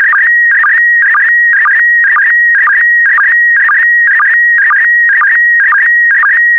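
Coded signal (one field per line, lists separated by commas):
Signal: SSTV (slow-scan television)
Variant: PD120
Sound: steady high whistle broken twice a second by warbling chirps and low blips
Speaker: complete. You can now check your decoded image against the picture that is shown on the video.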